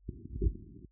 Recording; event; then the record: neck accelerometer signal played as sound; voluntary cough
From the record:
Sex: male